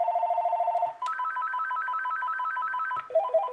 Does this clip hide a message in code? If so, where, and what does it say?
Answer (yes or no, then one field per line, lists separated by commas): no